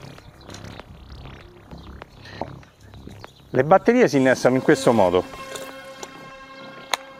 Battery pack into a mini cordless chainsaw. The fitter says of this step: محکم وارد می‌شوند تا زمانی که صدای کلیک شنیده شود.